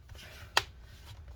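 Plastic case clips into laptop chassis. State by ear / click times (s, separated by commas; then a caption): seated / 0.6 s. The plastic bottom case clips of an HP 17-f233cl laptop, found not engaged, are pressed into the laptop chassis. A single sharp snap is heard at 0.6 s over low background noise. The clips are seated in place.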